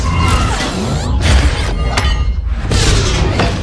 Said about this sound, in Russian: Мстители, стоя спинами к стержню, храбро отбивают атаку за атакой. Удары, крики, лязг металла.